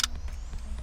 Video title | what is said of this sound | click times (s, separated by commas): Unboxing: Magift Bluetooth FM Transmitter Car Phone Holder - UK - Nissan Micra | and you can hear it click | 0.0 s